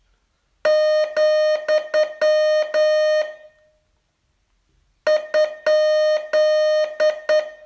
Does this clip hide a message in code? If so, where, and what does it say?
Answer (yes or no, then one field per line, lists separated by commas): yes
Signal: Morse code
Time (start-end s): 0.7-7.4 s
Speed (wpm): 9 wpm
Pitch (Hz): 610 Hz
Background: none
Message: , ?